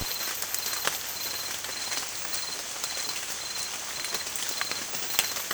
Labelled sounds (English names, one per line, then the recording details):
none
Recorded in secondary vegetation near Puerto Asís, Putumayo, Colombia, on 27 June 2025
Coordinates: 0.488, -76.319
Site G094